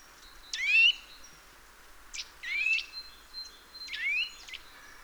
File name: Sitta europaea